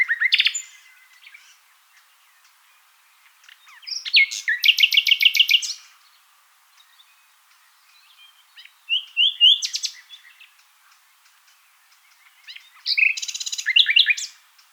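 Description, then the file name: Common nightingale song in loud phrases about every four seconds, mixing rapid repeated notes and short swooping whistles, with quiet gaps between. "Luscinia megarhynchos"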